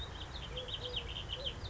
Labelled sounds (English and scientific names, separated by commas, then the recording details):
Eurasian Collared Dove (Streptopelia decaocto)
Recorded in Sonoma County, California